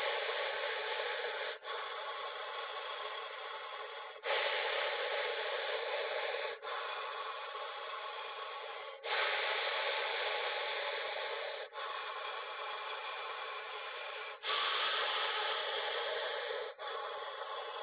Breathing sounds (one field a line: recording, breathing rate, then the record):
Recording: paced breathing near a phone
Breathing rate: 12 breaths a minute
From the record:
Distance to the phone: 20 cm